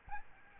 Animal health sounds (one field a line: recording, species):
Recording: mosquito wingbeat signal from an infrared sensor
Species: Aedes albopictus